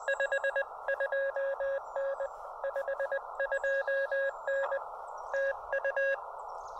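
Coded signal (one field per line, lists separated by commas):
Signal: Morse code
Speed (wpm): 21 wpm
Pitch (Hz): 590 Hz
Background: none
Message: 52N 52N TU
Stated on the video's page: Morse from a combined summit and two-park activation at one site.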